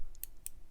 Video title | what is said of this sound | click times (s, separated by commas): I Forced My PS5 To Use An Xbox SSD | and a little click it's now in there we're good to go | 0.2 s, 0.5 s